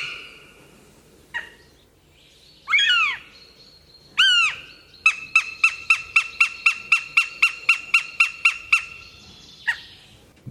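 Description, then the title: Northern Goshawk call, a steady run of harsh, even kek notes about four per second after a few short sweeping notes, then a final isolated note. "vogel der woche. Habicht"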